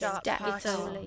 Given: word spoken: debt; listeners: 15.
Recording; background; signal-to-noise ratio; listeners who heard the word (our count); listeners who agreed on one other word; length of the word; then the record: one English word in noise, from a listening test; four-talker babble; -2.4 dB; 0 of 15; 6 of 15; 0.67 s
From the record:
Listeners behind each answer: 6, 4, 3, 1, 1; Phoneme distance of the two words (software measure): 20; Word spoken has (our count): 1 syllable, 3 phonemes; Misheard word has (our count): 1 syllable, 3 phonemes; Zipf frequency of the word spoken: 4.79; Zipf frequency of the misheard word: 4.94